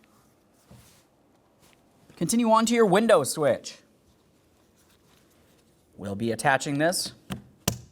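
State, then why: Seated. Someone talks while a wiring connector is pressed onto the power window switch of a 2012-2018 Nissan Altima during a rear power window motor and regulator replacement. A quieter tap sounds at 7.3 s, then the connector seats with a sharp click at 7.7 s.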